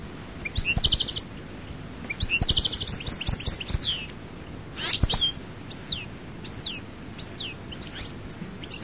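European goldfinch giving short tinkling twitters and buzzy bursts, then scattered thin downward-slurred call notes, with some soft clicks underneath.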